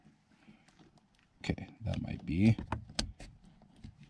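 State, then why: Not seated. A plastic MESO Customs black-out cover is pressed onto the chrome exterior door handle of a 2020 Toyota Tacoma TRD Off-Road after it was found not seated. Someone talks over soft handling rustles and scrapes, with a sharp tap near 3.0 s. Nothing has seated or clicked yet.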